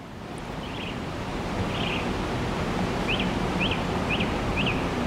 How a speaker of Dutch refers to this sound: Het lijkt alsof je zo langzaamaan de vogelzang wat hoort opstarten. Net wat vaker koolmezen, merels en hier dus een zanglijster bezig met zijn stemoefeningen.